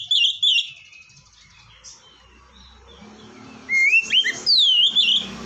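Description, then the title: Oriental magpie-robin with a couple of short whistles, a pause filled by soft background noise, then a run of rising, looping clear whistles. "kacer"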